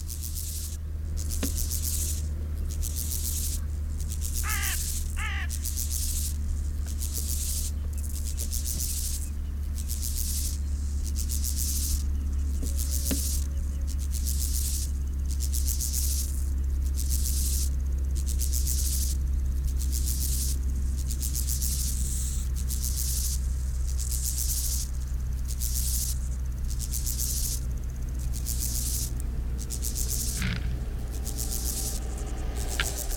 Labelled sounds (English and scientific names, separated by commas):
Steppe Grasshopper (Chorthippus dorsatus) stridulation